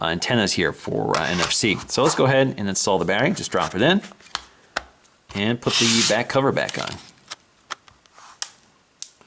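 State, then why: Seated. Someone talks while a battery is dropped into a smartphone, with two sharp taps at about 4.4 and 4.8 seconds. The plastic back cover is then pressed onto the phone body over the battery, and its clips snap in around the edge one after another at 7.7, 8.4 and 9.0 seconds, with softer ticks in between. The cover is seated.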